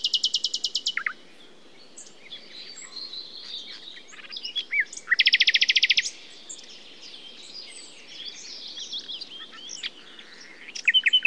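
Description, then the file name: Common nightingale song opening, mid-way and at the end with loud, fast rattling note series, between them softer twittering and whistled fragments, a steady low hiss underneath. "Luscinia megarhynchos"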